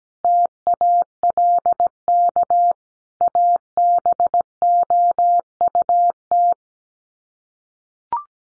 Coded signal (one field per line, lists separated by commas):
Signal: Morse code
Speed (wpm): 17 wpm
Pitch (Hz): 700 Hz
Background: none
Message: TALK ABOUT